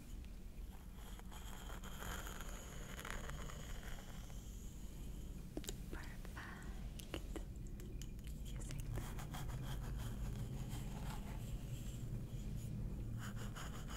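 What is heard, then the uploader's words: Scalp massage, soft scratchy rubbing in slow waves over a steady low rumble, with a few sharp clicks around the middle. ASMR Stress Relieving Scalp Massage ASMR.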